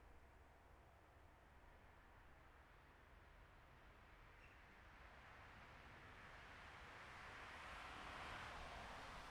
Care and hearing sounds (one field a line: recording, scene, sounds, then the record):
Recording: everyday scene through a hearing-aid microphone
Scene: in traffic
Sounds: traffic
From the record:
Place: bus stop on a city main road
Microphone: behind the ear, left, front